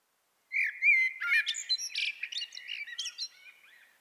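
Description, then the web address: Common blackbird singing a single phrase: a clear fluted whistle that runs into rapid, scratchy twittering and fades away. "SETE data Turdus merula"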